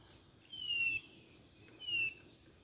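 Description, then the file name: Blue-naped chlorophonia, two clear high whistles sliding down in pitch, over a soft background hiss. "canto do gaturamo bandeira"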